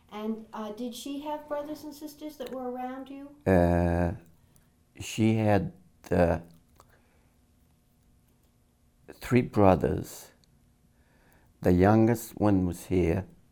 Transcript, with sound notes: And did she have brothers and sisters that were around you?
She had [pause] three brothers. The youngest one was here.